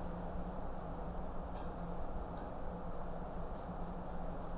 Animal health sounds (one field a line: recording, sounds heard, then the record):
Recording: poultry house recording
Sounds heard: no chicken sound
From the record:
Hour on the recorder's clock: 21